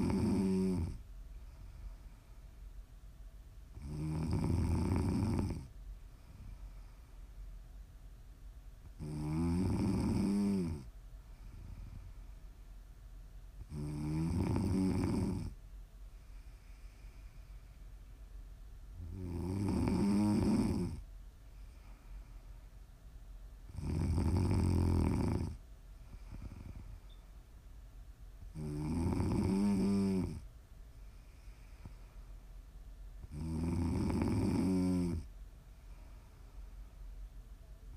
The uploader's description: ASMR snoring